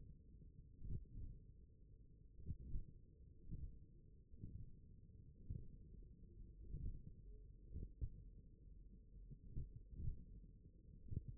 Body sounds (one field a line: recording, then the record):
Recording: forearm muscle sounds (acoustic myography)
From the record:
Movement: hand closing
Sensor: system 1, eight BSWA MPA416 microphones around the upper forearm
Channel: 7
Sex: male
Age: 42 years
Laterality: right